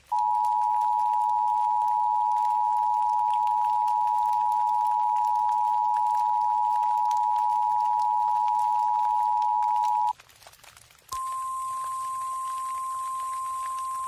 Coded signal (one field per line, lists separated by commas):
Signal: Emergency Alert System (SAME) tones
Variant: 853 and 960 Hz attention tone